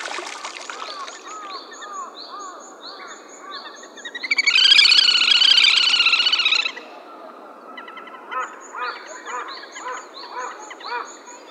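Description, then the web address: Little grebe call, a fast, harsh whinnying trill lasting over two seconds midway, surrounded by high repeated piping notes and scattered chirps of other birds. 24 April 2014. "birdenaga kaituburi 140424"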